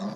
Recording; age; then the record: pig call; piglet (1 to 25 days)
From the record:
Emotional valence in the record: negative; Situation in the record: long isolation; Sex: female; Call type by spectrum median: low-frequency call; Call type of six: low-frequency modulated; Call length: 0.16 s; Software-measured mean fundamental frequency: 68 Hz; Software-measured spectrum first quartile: 202 Hz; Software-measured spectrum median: 363 Hz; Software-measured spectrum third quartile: 959 Hz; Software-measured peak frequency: 202 Hz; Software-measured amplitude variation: 120 dB a second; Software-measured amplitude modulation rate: 12.5 a second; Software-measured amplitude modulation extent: 9.6 dB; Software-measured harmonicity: 4.3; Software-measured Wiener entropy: -0.84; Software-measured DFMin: 467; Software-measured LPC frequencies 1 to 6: 3756, 4722, 5375, 6259, 7135, 9075 Hz